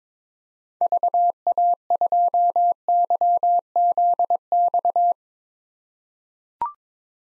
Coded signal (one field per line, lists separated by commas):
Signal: Morse code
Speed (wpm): 21 wpm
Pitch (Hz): 700 Hz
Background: none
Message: VA2YZX